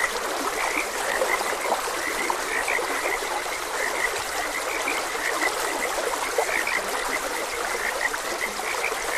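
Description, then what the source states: Chorus of frogs, overlapping short croaking notes without pause, blended with the even hiss of a flowing stream. Frogs croaking beside a gentle stream.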